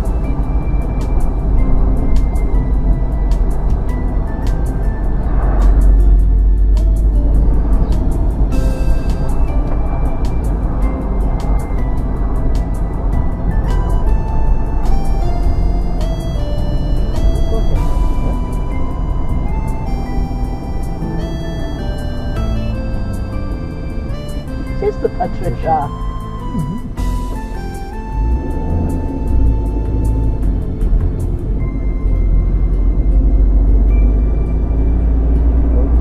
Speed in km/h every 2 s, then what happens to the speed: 29, 31, 31, 32, 32, 31, 29, 27, 27, 27, 26, 21, 16, 11, 13, 18, 18, 21.
0-19 steady at about 29. 19-26 slows to 11. 26-36 speeds up to 21.